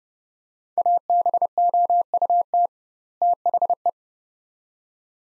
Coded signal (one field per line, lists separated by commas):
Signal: Morse code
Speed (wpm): 30 wpm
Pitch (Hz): 700 Hz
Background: none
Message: ABOUT THE